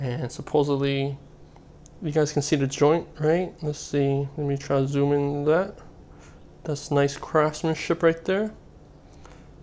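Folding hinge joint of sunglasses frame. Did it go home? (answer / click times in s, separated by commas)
yes / 9.3 s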